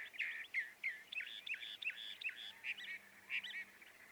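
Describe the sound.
Northern mockingbird song: a quick string of varied chirps and slurred notes over steady background noise, with faint lower whistles behind.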